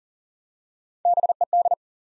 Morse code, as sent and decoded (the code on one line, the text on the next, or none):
-... . -..
BED